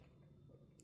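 A clip-on air chuck hose end is pushed into the fitting of a portable tire inflator, one of an AUXITO AS1 and a GJO being compared. Low, steady rumbling fills the clip until a single sharp click at 0.8 s as the hose attachment pops into place, seated before it is twisted to the right to lock.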